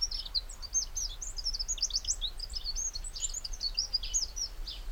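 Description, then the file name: Eurasian wren: dense, high, sharp chirping notes tumbling rapidly throughout, over a low steady background rumble. "Troglodytes troglodytes"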